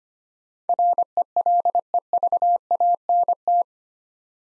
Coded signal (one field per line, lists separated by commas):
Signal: Morse code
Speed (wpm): 25 wpm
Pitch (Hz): 700 Hz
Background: none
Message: RELEVANT